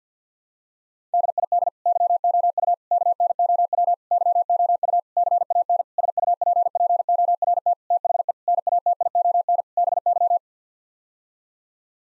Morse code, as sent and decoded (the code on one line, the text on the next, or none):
-.. .. -.. / -.-- --- ..- / -.- -. --- .-- / -.-- --- ..- / -.-. .- -. / ... ..- .--. .--. --- .-. - / - .... . / -. .- - .. --- -. / -... -.--
DID YOU KNOW YOU CAN SUPPORT THE NATION BY